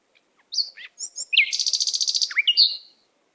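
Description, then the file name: Canary delivering a short song: a few high sliding chirps, then a rapid buzzy high-pitched trill, closing with a downslurred note and a thin whistle. "Canary Voice"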